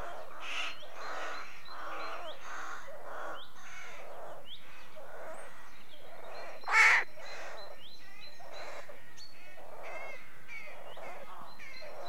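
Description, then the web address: Rooks calling in a chorus of many soft, overlapping caws, with one sudden loud call near the middle. Rooks calling at a rookery. "The BBC Sound Effects Library. Rookery"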